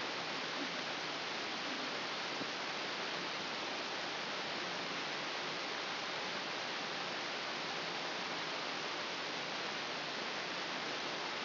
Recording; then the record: brain microelectrode recording played as sound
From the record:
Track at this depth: inside the subthalamic nucleus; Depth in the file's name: 1.539 mm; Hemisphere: left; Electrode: 3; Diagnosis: Parkinson's disease